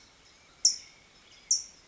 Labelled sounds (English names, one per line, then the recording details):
California Towhee
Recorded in Sonoma County, California